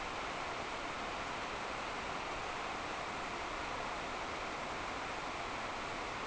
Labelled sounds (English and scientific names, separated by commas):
none